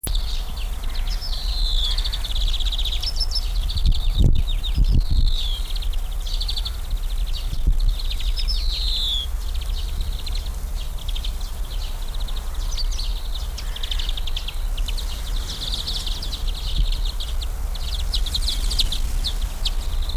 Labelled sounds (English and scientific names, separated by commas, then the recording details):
European Greenfinch (Chloris chloris)
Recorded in the wild
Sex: group
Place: Lübars (Fließtal), Berlin, DE
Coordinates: 52.6167, 13.35
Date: 1999-07-17 19:43
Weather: fair, ca. 25°C
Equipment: Sony WM-D6C, Sennheiser ME 80, Kopie Uher 4000 Report Monitor
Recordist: Tembrock, Günter